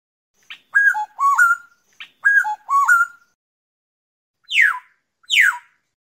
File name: tieng chim vang anh